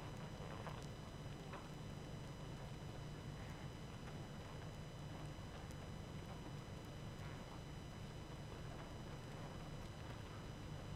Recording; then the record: honeybee colony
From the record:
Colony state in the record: active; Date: 12 June 2018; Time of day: 21:36